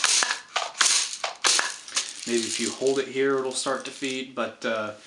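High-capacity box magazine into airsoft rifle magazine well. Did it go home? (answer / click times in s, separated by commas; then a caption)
no / none. On a second try, an A&K 5,000-round STANAG high-capacity box magazine is pushed and held in the magazine well of an A&K Masada ACR airsoft rifle, giving a few sharp clacks and rattles around 0.0, 0.8, 1.2 and 1.9 seconds before someone talks. The magazine does not click into place because the rifle's receiver sits too low, and nothing has seated or clicked.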